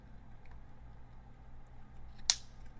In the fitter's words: hear that pop love that